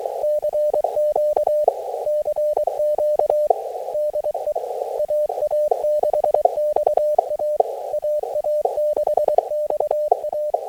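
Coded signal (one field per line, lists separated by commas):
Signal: Morse code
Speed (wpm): 23 wpm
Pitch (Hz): 590 Hz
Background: none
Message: CQ CQ DE AA6XA AA6XA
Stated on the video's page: Raw footage of a QRP SOTA summit activation on Leppy Peak.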